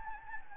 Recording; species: mosquito wingbeat signal from an infrared sensor; Anopheles gambiae